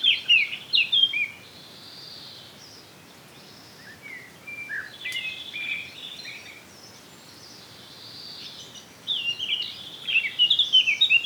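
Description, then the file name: Eurasian blackcap song: rich warbling phrases with bright whistled notes at the start and again near the end, separated by quieter, scratchy twittering. "Sylvia atricapilla"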